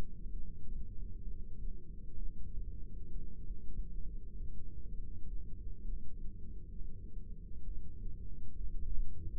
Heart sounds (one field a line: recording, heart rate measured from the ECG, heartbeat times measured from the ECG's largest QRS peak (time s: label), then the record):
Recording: heart sounds by microphone in the right ear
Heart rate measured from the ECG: 66 bpm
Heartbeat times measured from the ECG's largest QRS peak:
0.32 s: heartbeat
1.23 s: heartbeat
2.17 s: heartbeat
3.10 s: heartbeat
4.00 s: heartbeat
4.91 s: heartbeat
5.84 s: heartbeat
6.77 s: heartbeat
7.66 s: heartbeat
8.56 s: heartbeat
From the record:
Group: heart failure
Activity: rest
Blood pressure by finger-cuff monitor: 136/94 mmHg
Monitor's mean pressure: 109 mmHg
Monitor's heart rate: 66 bpm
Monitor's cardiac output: 6.2 L/min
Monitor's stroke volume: 95 mL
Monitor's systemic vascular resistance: 1320 dyn s/cm5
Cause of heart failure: idiopathic cardiomyopathy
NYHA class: 1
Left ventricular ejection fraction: 50%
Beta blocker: bisoprolol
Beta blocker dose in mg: 5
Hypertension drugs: candesartan, spironolactone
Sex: male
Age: 54 years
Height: 180 cm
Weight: 94.6 kg